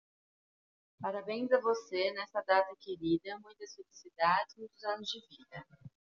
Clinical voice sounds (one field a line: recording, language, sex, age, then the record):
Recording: short text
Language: Brazilian Portuguese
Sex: female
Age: 20 to 29 years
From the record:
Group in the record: control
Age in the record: 24 years